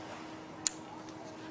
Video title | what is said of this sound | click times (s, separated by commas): Complete Tutorial on How to Install Hid Conversion Kits | and push in until it clicks | 0.7 s